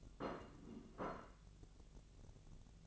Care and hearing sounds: daily activity, microphone in the room; place plate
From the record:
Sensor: 4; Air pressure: 1001.0 hPa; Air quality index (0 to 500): 145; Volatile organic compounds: 2 ppm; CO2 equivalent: 1066 ppm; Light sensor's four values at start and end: 26/61/25/27 and 26/61/25/27

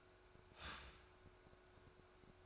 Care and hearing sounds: daily activity, microphone in the room; start toaster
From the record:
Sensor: 2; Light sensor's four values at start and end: 4/10/3/3 and 4/10/3/4

